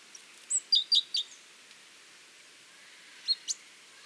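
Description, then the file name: Great tit calls: a quick series of four sharp, down-slurred high notes, a long pause, then two more similar notes. "Parus major"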